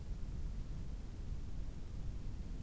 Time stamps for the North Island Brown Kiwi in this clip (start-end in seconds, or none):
none